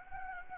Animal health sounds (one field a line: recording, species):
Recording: mosquito wingbeat signal from an infrared sensor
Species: Anopheles gambiae